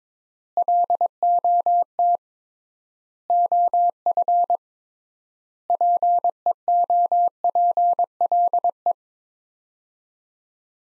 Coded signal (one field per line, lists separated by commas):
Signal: Morse code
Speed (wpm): 22 wpm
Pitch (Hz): 700 Hz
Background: none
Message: LOT OF PEOPLE